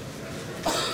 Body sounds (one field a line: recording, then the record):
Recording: coughing mixed with background sound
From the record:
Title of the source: Spring Allergy Coughing